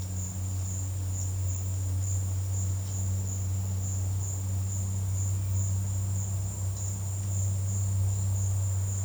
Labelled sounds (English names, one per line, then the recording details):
none
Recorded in dense forest near Puerto Asís, Putumayo, Colombia, on 4 March 2025 at 12:30
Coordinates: 0.481, -76.323
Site G088